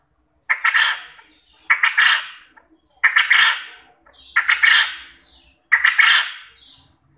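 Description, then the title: Quail calls in a regular series of five rough stuttering bursts, each fading out before the next, in otherwise quiet surroundings. Quail call used as a lure to make quail answer and call actively. "Burung Puyuh Mana Yang Tidak Nyaut Dan Gacor Dengan Pancingan Ini"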